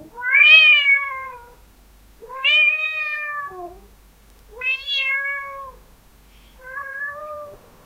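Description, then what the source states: Cat giving four plaintive meows about two seconds apart, each rising sharply then holding steady, the last one softer. Cat crying.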